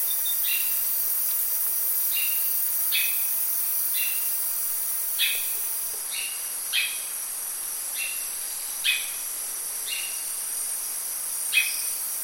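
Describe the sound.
Bird repeating short whistled calls, each dropping quickly then holding steady, about one every second, under a steady high hiss like insects.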